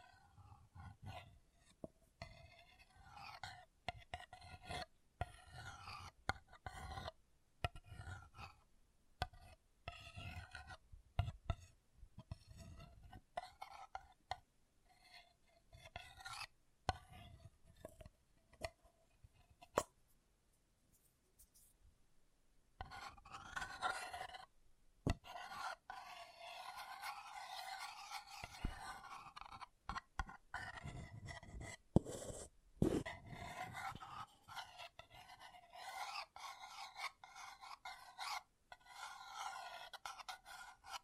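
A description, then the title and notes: An object is scratched in short, rasping strokes that come in quick irregular bursts, gritty and fairly bright. Around twenty seconds the scratching stops briefly, then resumes as a denser, more continuous rubbing that keeps going, with occasional sharper scrapes, to the end. ASMR Brain Melting Object Scratching (No Talking).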